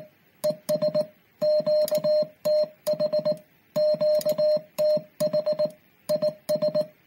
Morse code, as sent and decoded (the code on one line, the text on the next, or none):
. ... / --.- - .... / --.- - .... / .. ...
ES QTH QTH IS